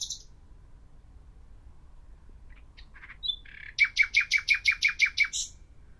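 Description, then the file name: Common nightingale song: a few scattered sharp notes, then a rapid, regular run of about eight loud repeated notes ending in a brief buzzy flourish. "Luscinia megarhynchos"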